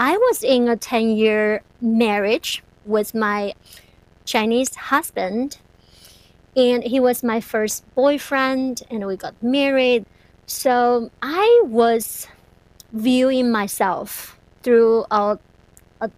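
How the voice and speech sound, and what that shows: An adult woman who stutters speaks in short phrases with frequent pauses, some drawn-out sounds before the next word and a tense, abrupt start on one word. These mild prolongations and hesitations fit stuttering, a fluency disorder that disrupts the forward flow of speech.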